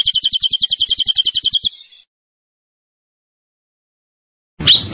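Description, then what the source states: Zebra finch song: a short fast trill of high buzzy notes, then silence, then a sudden loud burst at the end. Master recording for training cage birds; bird described as gacor, singing vigorously.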